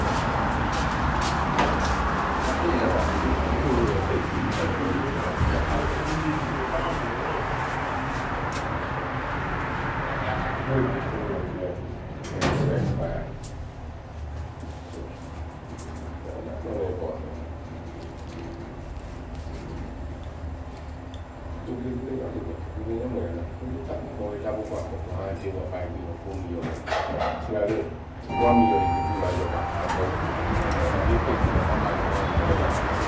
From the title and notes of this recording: Al Nadha to Deira city centre Dubai travel experience. Using 22 bus I'm traveling to Deira city centre bus station.